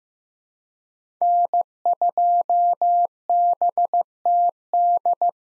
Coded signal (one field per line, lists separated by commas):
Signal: Morse code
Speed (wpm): 16 wpm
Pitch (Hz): 700 Hz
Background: none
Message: N2BTD